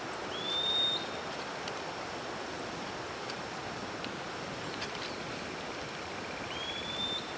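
Bird call, two thin, high, slightly rising whistles about six seconds apart over steady background hiss.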